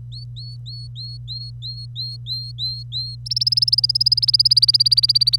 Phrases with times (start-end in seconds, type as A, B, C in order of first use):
0.12-3.15 A, 3.26-5.36 B